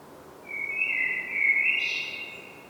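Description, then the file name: Common blackbird song: a smooth fluted whistle ending in a brief squeaky, hissing twitter. "Turdus merula"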